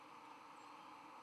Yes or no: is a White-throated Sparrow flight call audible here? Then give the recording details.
yes. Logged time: 06:39 on 5 November 2014